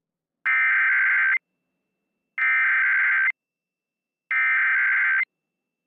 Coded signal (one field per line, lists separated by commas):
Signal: Emergency Alert System (SAME) tones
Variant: header bursts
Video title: 4th of July! Ventura County Required Monthly Test (EAS #597-607) 7/4/23